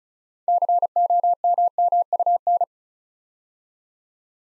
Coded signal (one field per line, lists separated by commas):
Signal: Morse code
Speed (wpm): 36 wpm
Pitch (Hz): 700 Hz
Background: none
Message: COMMUN